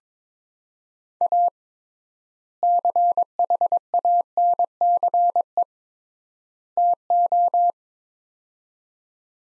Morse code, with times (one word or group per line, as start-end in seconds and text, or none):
1.2-1.5 A
2.6-5.6 CHANCE
6.8-7.7 TO